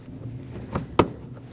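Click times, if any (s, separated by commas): 1.0 s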